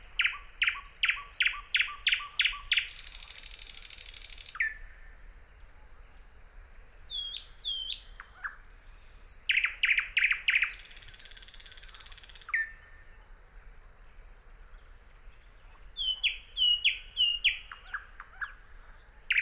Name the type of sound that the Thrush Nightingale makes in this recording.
song